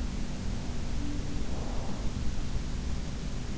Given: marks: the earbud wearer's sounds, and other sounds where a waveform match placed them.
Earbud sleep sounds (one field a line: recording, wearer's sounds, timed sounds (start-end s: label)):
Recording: sounds in sleep by an in-ear microphone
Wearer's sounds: breath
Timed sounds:
0.20-3.23 s: breath